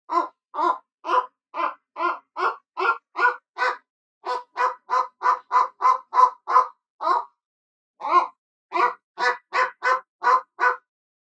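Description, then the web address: Bateleur giving harsh, nasal barking notes, about three per second in long runs, with brief pauses near four and eight seconds. Chirp call. "eagle bateleur chirp"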